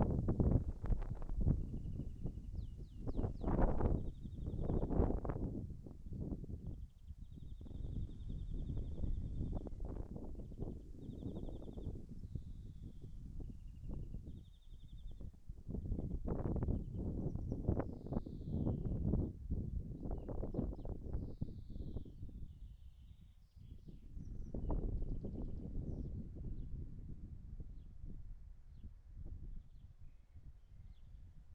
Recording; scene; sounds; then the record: everyday scene through a hearing-aid microphone; wind on the microphone; wind, birds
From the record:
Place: in front of a rural house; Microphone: behind the ear, right, front